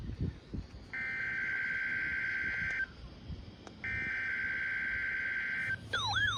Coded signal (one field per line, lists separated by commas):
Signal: Emergency Alert System (SAME) tones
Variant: header bursts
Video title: WEEKLIES ON THE ROAD... (EAS ALERTS 4030-4041 FROM 11/23/22)